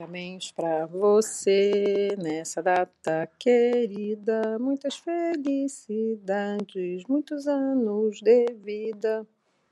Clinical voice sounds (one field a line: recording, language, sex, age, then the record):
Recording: short text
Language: Brazilian Portuguese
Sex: female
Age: 60 to 69 years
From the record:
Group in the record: control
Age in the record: 69 years